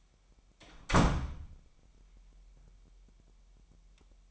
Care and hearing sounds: daily activity, microphone in the room; close door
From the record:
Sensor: 1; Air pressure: 998.4 hPa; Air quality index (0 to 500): 133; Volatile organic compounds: 4 ppm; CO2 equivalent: 1590 ppm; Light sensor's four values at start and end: 18/61/24/25 and 18/61/24/25

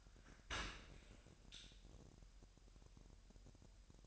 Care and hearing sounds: daily activity, microphone in the room; open dishwasher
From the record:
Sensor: 2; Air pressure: 1000.4 hPa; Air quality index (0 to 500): 245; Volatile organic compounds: 89 ppm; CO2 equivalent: 3680 ppm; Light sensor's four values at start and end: 9/21/8/8 and 9/21/8/8

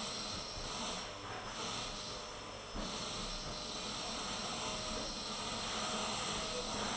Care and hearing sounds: daily activity, microphone in the room; vacuum cleaning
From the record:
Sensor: 4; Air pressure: 996.0 hPa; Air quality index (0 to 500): 47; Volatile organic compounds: 1 ppm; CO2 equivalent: 751 ppm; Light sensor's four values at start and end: 18/49/19/20 and 18/49/19/20

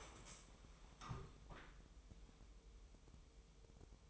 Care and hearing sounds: daily activity, microphone in the room; stand up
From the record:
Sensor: 1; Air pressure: 1005.2 hPa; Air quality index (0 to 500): 124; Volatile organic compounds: 5 ppm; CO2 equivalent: 1728 ppm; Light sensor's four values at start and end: 11/27/11/12 and 11/26/11/11

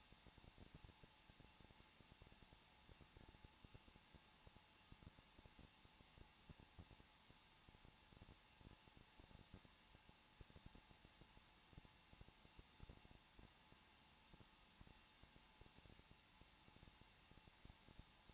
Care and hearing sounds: daily activity, microphone in the room; no activity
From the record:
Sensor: 1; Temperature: 20.0 degrees Celsius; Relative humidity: 39.4%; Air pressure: 1006.4 hPa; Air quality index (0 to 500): 220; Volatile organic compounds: 83 ppm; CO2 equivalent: 3635 ppm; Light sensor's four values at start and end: 1/2/1/1 and 1/2/1/1

